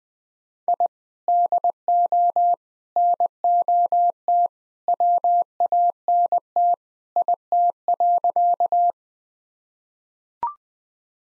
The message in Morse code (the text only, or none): I DO NOT WANT IT.